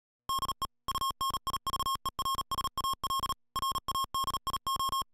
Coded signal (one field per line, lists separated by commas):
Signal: Morse code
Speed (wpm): 38 wpm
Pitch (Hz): 1080 Hz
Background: music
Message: DE UNIVERSAL RADIO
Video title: Universal Radio presents the Yaesu FTM-3200DR